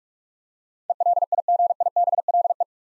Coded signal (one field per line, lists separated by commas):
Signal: Morse code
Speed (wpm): 44 wpm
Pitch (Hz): 700 Hz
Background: none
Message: ELIGIBLE